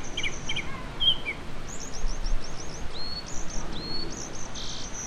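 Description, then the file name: Japanese thrush song of high, thin whistled phrases, with quick runs of short slurred notes repeated several times, over a steady low rumbling background noise. "kurotugumi"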